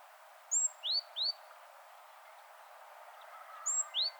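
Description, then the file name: Great tit calls: a high thin note and two sharp downslurred notes, then a high thin note and one downslurred note again after a pause of about two seconds, over steady faint hiss. "Parus major"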